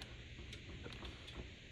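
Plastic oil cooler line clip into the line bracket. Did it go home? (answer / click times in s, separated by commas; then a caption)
no / none. A second plastic clip holding the oil cooler lines is handled against the line bracket during a transmission mount install on a BMW E46 M3. Faint handling ticks sit over a steady low hum, with no speech. Nothing has seated or clicked yet.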